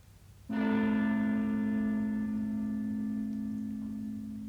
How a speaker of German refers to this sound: Nichts höre ich als die fürchterliche Glocke, die uns zur Trennung läutet.